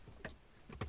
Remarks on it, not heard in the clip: I'm just sneezing. And I'm not retching. That's the sound of me sneezing.